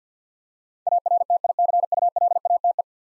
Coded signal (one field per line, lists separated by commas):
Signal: Morse code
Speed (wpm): 50 wpm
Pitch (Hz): 700 Hz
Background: none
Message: ARTICULATE